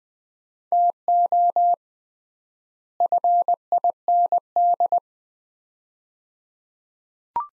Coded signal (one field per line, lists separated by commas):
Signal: Morse code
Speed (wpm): 20 wpm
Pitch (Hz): 700 Hz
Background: none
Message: TO FIND